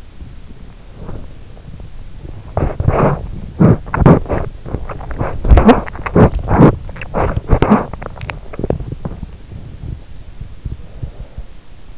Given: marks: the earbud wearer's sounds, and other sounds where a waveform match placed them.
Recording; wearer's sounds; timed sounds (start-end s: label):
sounds in sleep by an in-ear microphone; teeth grinding
0.00-11.98 s: teeth grinding